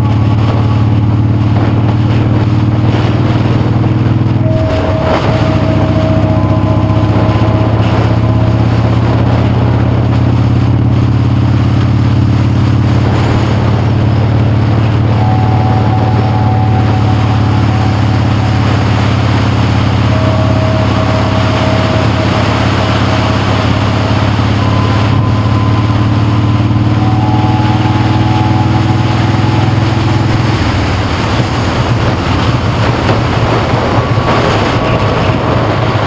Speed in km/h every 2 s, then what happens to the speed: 40, 42, 40, 47, 45, 48, 50, 52, 48, 48, 50, 50, 55, 55, 56, 58, 50, 47.
8-18 steady at about 48. 18-30 speeds up to 58. 30-36 slows to 47.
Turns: none.